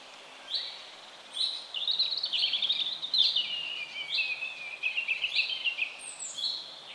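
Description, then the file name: Eurasian wren song: a long, rapid, high-pitched trill of dense warbling notes, running almost continuously for several seconds with slight rises and dips in pitch. "Troglodytes troglodytes"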